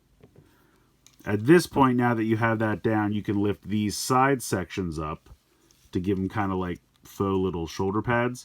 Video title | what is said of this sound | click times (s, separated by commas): Dilophocon & Autobot JP12 Review - Transformers X Jurassic Park Collaborative | will fit into that section right there so this just comes down pops into place | 1.1 s